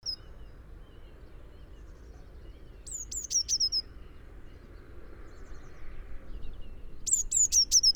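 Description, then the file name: Eurasian blue tit uttering two quick series of high, thin, descending notes over low steady background noise. "Cyanistes caeruleus"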